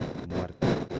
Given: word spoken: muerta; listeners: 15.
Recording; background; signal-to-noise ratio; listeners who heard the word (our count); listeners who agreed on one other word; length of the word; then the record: one Spanish word in noise, from a listening test; noise modulated by one talker; -9.6 dB; 1 of 15; 9 of 15; 0.59 s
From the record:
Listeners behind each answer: 9, 3, 1, 1, 1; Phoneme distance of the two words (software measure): 10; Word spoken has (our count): 2 syllables, 6 phonemes, stress on syllable 1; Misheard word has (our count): 2 syllables, 6 phonemes, stress on syllable 1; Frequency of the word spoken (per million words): 24.58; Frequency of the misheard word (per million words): 277.53